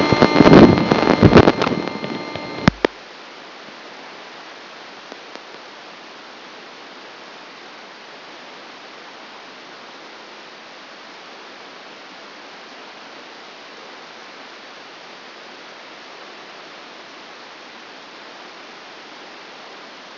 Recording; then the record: brain microelectrode recording played as sound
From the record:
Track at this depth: outside the subthalamic nucleus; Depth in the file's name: 0.049 mm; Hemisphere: left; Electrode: 2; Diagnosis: Parkinson's disease